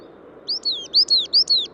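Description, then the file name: Coal tit song of three fast two-part phrases, a high short note followed by a sliding downward whistle, repeated briskly. "periparus ater"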